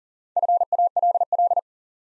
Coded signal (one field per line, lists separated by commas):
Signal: Morse code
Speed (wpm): 40 wpm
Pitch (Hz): 700 Hz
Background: none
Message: FALL